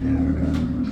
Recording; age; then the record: pig call; growing-finishing pig (85 days or more)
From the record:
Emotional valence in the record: positive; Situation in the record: enriched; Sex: female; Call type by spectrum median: low-frequency call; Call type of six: low-frequency modulated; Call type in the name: low-frequency stable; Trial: 2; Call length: 0.92 s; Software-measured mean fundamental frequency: 41 Hz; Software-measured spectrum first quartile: 118 Hz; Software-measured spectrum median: 219 Hz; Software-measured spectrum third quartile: 297 Hz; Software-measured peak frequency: 262 Hz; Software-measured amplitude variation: 142 dB a second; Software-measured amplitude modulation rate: 31.1 a second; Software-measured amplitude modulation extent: 4.6 dB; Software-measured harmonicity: 0.4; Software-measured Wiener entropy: -1.02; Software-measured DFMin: 1253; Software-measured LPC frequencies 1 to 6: 273, 1366, 3441, 5328, 7441, 8256 Hz